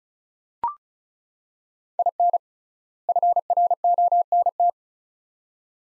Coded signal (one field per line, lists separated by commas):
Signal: Morse code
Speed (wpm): 36 wpm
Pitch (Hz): 700 Hz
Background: none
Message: IN FRONT